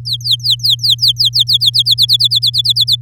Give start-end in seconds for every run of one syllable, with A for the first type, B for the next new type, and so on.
0.05-1.82 A, 1.85-2.96 B